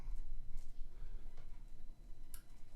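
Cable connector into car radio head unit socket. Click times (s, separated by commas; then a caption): 2.3 s. A cable connector is pushed into its socket on a Dasaita Vivid 10.2" Android head unit for a 2014-2021 Nissan Rogue/X-Trail, in the spot just under the wi-fi antenna connection. Over a low background rumble with a few faint ticks, one sharp click is heard at 2.3 seconds. The connector is seated in the head unit.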